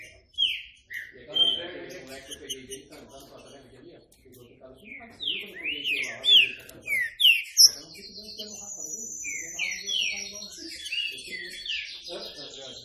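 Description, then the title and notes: Green-winged saltator whistling downward-sliding phrases in scattered bursts, mixed with busy low chattering and higher thin notes across a long stretch. Classic song style (canto clássico), used for training. "Canto Clássico Trinca Ferro TREINAMENTO. trinca fero"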